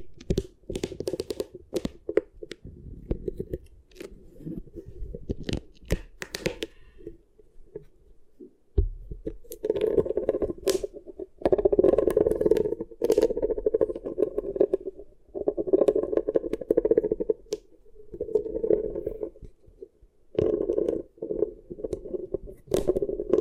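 Beeswax ear triggers: soft, sticky crackling and squishing that comes in bursts, with short pauses between them. The sound is mostly low and muffled, broken by sharp clicky pops throughout, with longer dense stretches of crinkling from about nine seconds onward.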